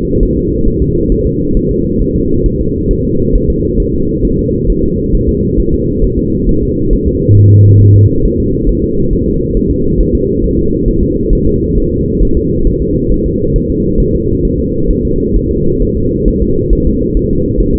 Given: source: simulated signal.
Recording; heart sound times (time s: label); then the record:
fetal heart sounds
0.23 s: S1
0.37 s: S2
0.68 s: S1
0.82 s: S2
1.12 s: S1
1.27 s: S2
1.57 s: S1
1.71 s: S2
2.02 s: S1
2.16 s: S2
2.46 s: S1
2.61 s: S2
2.91 s: S1
3.05 s: S2
3.35 s: S1
3.50 s: S2
3.80 s: S1
3.95 s: S2
4.25 s: S1
4.39 s: S2
4.70 s: S1
4.84 s: S2
5.15 s: S1
5.29 s: S2
5.60 s: S1
5.74 s: S2
6.04 s: S1
6.19 s: S2
6.49 s: S1
6.63 s: S2
6.93 s: S1
7.08 s: S2
7.37 s: S1
7.52 s: S2
7.81 s: S1
7.96 s: S2
8.25 s: S1
8.40 s: S2
8.69 s: S1
8.84 s: S2
9.13 s: S1
9.28 s: S2
9.57 s: S1
9.71 s: S2
10.01 s: S1
10.15 s: S2
10.44 s: S1
10.59 s: S2
10.88 s: S1
11.03 s: S2
11.33 s: S1
11.47 s: S2
11.78 s: S1
11.92 s: S2
12.23 s: S1
12.37 s: S2
12.67 s: S1
12.82 s: S2
13.12 s: S1
13.26 s: S2
13.56 s: S1
13.70 s: S2
14.00 s: S1
14.15 s: S2
14.45 s: S1
14.59 s: S2
14.91 s: S1
15.05 s: S2
15.36 s: S1
15.51 s: S2
15.82 s: S1
15.97 s: S2
16.28 s: S1
16.42 s: S2
16.73 s: S1
16.87 s: S2
17.17 s: S1
17.31 s: S2
17.60 s: S1
17.75 s: S2
From the record:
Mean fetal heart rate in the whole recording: 135 bpm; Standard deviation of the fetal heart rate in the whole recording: 3 bpm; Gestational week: 36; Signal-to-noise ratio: -15.3 dB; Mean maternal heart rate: 72 bpm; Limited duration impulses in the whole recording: present